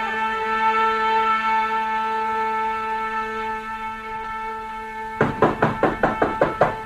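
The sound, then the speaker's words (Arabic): A quick, insistent run of about nine sharp knocks on a door comes after several seconds of a steady, droning musical tone that continues beneath them. “مين؟ مين اللي على الباب؟”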